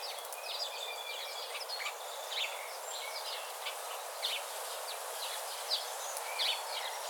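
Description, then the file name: House sparrow calls, several scattered short chirps over a steady hiss. "Passer domesticus"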